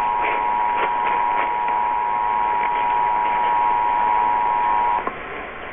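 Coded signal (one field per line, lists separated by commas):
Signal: Emergency Alert System (SAME) tones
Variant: 853 and 960 Hz attention tone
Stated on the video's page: Required Monthly Tests from Tennessee, New York City, Richmond and Ohio, recorded in the early hours.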